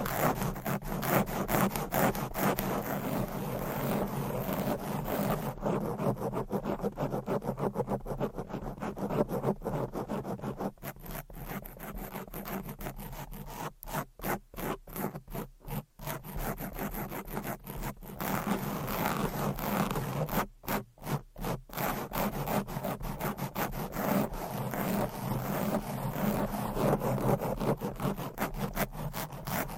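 Fast, aggressive scratching with nails on a microphone cover, a dense rasping rub with brief pauses around eleven, fifteen and twenty-one seconds.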